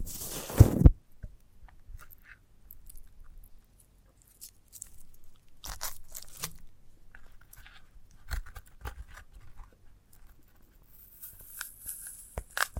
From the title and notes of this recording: ASMR of a Sprouted Coconut (No Talking).